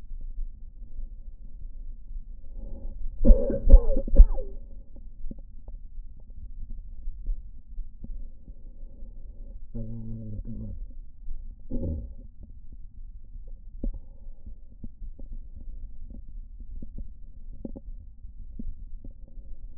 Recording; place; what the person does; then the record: lung sounds by stethoscope; left anterior apical chest; quiet breathing, then cough and speech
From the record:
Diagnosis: interstitial lung disease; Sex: male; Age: 66 years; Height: 172 cm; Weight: 107.6 kg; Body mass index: 36.4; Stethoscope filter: diaphragm mode